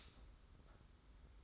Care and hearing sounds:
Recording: daily activity, microphone in the room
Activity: stop toaster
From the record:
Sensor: 3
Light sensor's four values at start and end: 42/118/48/42 and 42/118/48/42

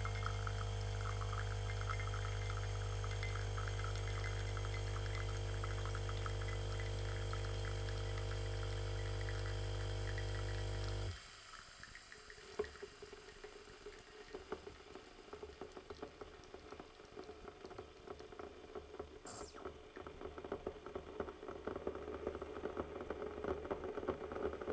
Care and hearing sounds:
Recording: daily activity, microphone in the room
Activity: make coffee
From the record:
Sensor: 4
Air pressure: 1015.5 hPa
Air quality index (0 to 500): 191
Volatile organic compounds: 9 ppm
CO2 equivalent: 2133 ppm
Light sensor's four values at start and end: 5/10/4/3 and 5/10/4/3

